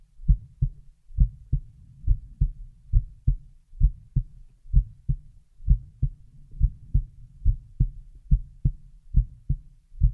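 An adult's heartbeat heard on its own, with steady, low-pitched lub-dub beats at about 70 per minute.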